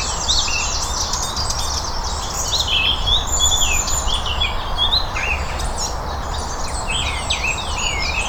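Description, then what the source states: Birds in full song, rapid chirping and looping whistled phrases crowding one another, with a few sharper clicks and a persistent low background hum. Birdsong recorded on Cadbury Hill.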